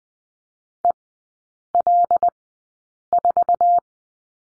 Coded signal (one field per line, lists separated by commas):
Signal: Morse code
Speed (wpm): 20 wpm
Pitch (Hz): 700 Hz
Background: none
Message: EL4